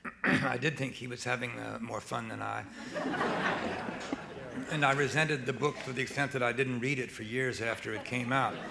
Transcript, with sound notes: I did think he was having more fun than I.
(SOUNDBITE OF LAUGHTER)
And I resented the book to the extent that I didn't read it for years after it came out.